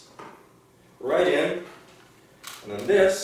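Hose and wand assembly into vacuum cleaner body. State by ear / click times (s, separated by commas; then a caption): seated / 0.2 s. A plastic hose and wand assembly is slid around on the body of a new Dyson Cinetic Big Ball canister vacuum cleaner during assembly until it latches into place. A single short click at 0.2 s marks it seating, followed by someone talking and another brief knock near 2.5 s.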